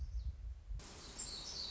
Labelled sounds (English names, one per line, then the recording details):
Black-throated Gray Warbler
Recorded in Sonoma County, California